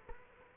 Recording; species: mosquito wingbeat signal from an infrared sensor; Culex quinquefasciatus